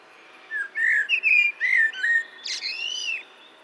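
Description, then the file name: Common blackbird song: a fluty, warbling whistled phrase, followed by a higher, thinner trailing flourish. "Turdus merula"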